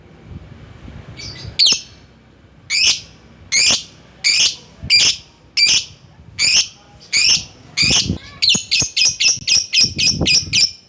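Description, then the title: Lovebird calls: shrill high squawks about once a second, speeding into a rapid run of chirps near the end. Lovebird calling to a rival. "Lovebird Memanggil Lawan"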